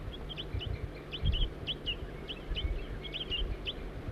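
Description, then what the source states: Crossbill calls, brisk high single notes repeated several times a second, with soft low thumps beneath. A juvenile being recorded while one adult gives toop calls from a nearby tree; family of four with two juveniles.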